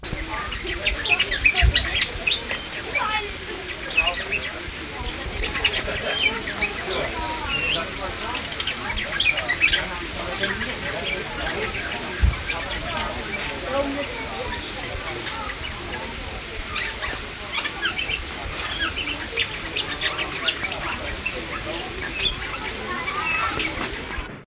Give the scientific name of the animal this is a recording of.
Psephotus varius